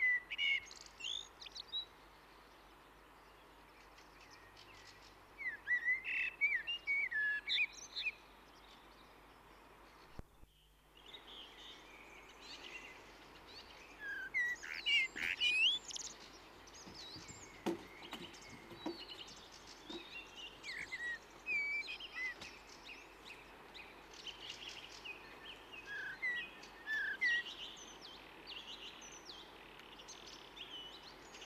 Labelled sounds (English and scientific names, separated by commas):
Common Blackbird (Turdus merula) song